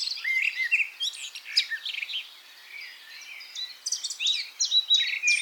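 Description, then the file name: Eurasian blackcap delivering soft, quick warbled phrases of chirps and short whistles, a quieter gap in the middle, then louder chatter. "Sylvia atricapilla"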